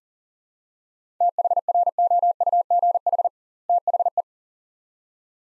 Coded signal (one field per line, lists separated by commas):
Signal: Morse code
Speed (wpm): 40 wpm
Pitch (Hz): 700 Hz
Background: none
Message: THROUGH THE